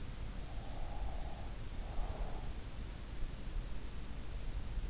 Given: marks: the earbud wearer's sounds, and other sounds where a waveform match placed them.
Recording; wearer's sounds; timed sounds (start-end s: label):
sounds in sleep by an in-ear microphone; breath
0.23-3.04 s: breath